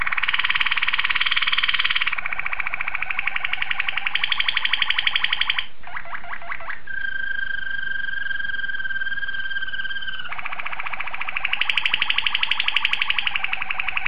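Domestic canary song: loud fast rolling trills at shifting pitches, broken by a short rattle and a long steady whistled tone.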